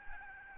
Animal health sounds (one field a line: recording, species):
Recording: mosquito wingbeat signal from an infrared sensor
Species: Aedes albopictus